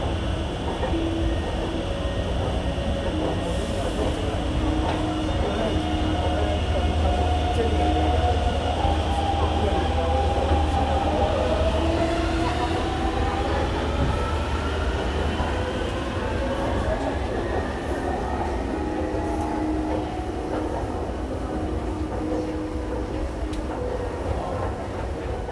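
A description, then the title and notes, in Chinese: A metro ride to work from Taipei Main Station: a steady, heavy rumble of the train fills the whole clip at an even level. Motor whines rise and shift in pitch through the middle, and faint thin squeals sound now and then. 從台北車站搭捷運上班。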